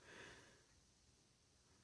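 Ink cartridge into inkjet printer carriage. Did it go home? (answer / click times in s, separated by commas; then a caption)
no / none. An ink cartridge for an Epson WorkForce Pro WF-3720 inkjet printer is picked up and lined up over its slot in the carriage before being pushed down. There is a soft, breathy hiss, strongest in the first half second and then fading to a low, steady background. Nothing has seated or clicked yet.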